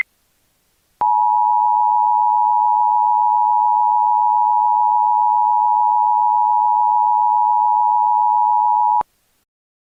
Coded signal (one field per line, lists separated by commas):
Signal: Emergency Alert System (SAME) tones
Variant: 853 and 960 Hz attention tone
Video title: DDLC Revolution - An EAS Scenario